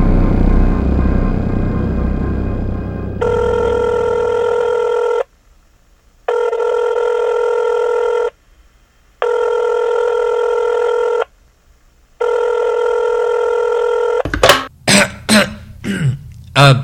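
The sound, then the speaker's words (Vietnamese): A telephone rings four times in steady, evenly spaced bursts of a bright, buzzing tone, then a few short rough throat-clearing or coughing sounds follow at the end. “Cô gái làm thuê bị thức dậy nghe điện, nghĩ ngợi một lát rồi nói”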